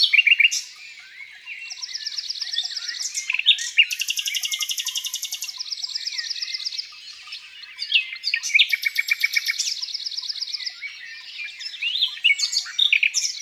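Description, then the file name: Common nightingale delivering long trilled and rattling series, high buzzy pulses and sharp whistled slurs in varied bursts. Song in the countryside. "Rossignol philomele Chants doiseaux dans la campagne"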